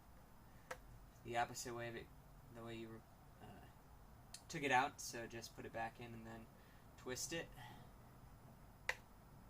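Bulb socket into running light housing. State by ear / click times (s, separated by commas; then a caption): seated / 8.9 s. An LED bulb's socket is put back into a Miata running-light housing and twisted until it locks. Someone talks, and then a single sharp click is heard at 8.9 s as the socket seats in the housing.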